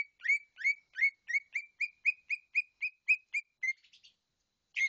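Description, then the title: Bird song as a steady series of clear chirps, trailing off into softer buzzy notes, then one last chirp after a pause. "SuaraBurung Kicau6"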